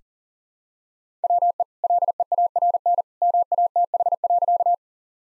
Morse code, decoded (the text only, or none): WE LEARN MATH.